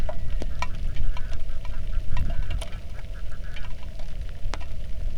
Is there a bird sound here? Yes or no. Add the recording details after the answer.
yes. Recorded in the Arctic National Wildlife Refuge, Alaska, on 3 August 2019 at 09:48. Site 46